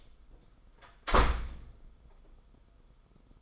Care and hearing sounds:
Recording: daily activity, microphone in the room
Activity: close door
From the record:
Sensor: 5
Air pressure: 990.6 hPa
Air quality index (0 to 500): 150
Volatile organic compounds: 158 ppm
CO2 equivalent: 4056 ppm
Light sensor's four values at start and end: 27/65/27/29 and 26/64/26/28

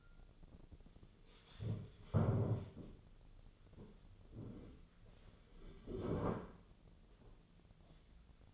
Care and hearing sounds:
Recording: daily activity, microphone in the room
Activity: stand up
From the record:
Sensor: 4

